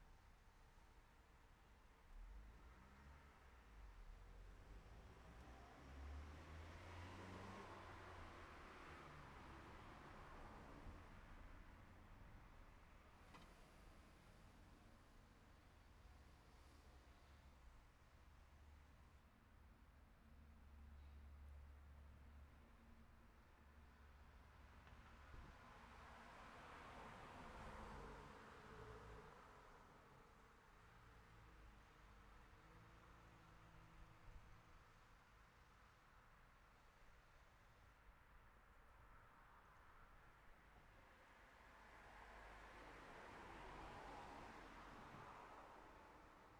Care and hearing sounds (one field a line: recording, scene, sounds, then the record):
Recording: everyday scene through a hearing-aid microphone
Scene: in traffic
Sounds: traffic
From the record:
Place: city secondary road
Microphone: behind the ear, left, front